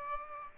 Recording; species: mosquito wingbeat signal from an infrared sensor; Aedes aegypti